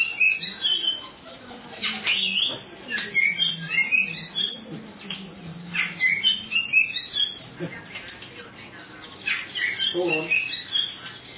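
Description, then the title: Oriental magpie-robin delivering a long sequence of bright whistles, chirps and rasping notes in an uneven chatter with a few short lulls. "Kacer"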